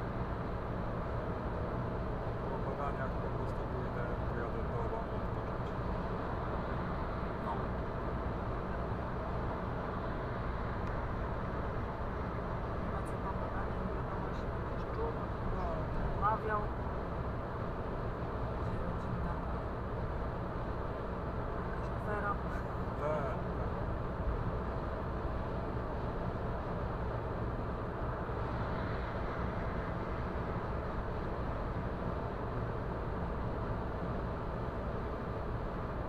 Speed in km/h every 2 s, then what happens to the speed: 110, 110, 109, 110, 109, 110, 110, 110, 110, 110, 110, 110, 110, 110, 110, 110, 110, 110.
0-36 steady at about 110.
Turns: none.